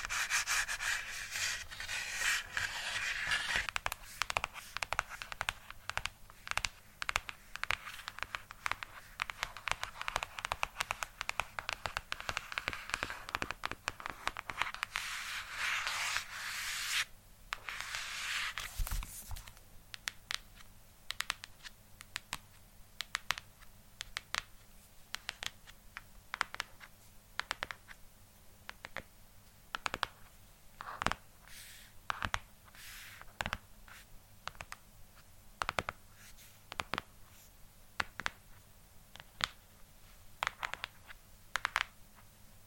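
ASMR tapping made of quick, dense clicks and scratchy rubbing. For the first eighteen seconds the sound is busy and hissy, with continuous brushing under the taps. After that it thins into sparser, crisp taps in uneven bursts over a low steady hum.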